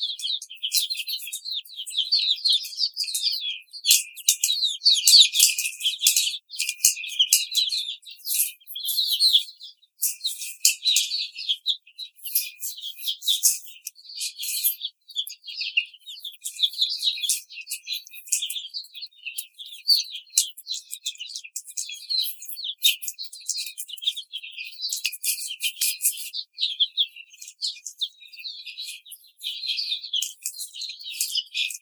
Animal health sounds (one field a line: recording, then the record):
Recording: young laying hens in a cage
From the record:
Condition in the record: treatment cage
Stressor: simulated dog barking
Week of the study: 5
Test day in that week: 1